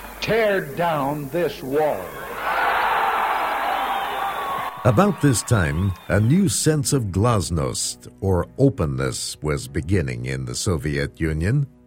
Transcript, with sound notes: tear down this wall." [Cheering] About this time, a new sense of glasnost, or openness, was beginning in the Soviet Union.